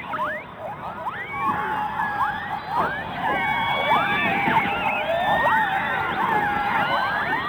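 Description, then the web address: Orca calls underwater, a dense tangle of sweeping whistles and rising calls from several animals, constant hiss behind. Underwater recording of orcas. "subacuatica Orcas"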